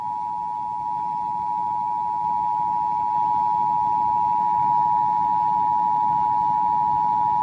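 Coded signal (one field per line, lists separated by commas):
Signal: Emergency Alert System (SAME) tones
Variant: 853 and 960 Hz attention tone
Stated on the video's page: Required Monthly Test relayed on AM 650 broadcast station.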